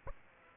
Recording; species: mosquito wingbeat signal from an infrared sensor; Aedes aegypti